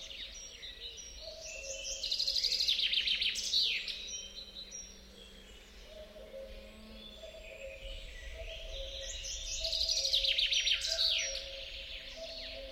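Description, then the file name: Common chaffinch song: two bright, descending trilled phrases, each about two seconds long and ending in a flourish, roughly seven seconds apart, over a steady low hum. "Fringilla coelebs"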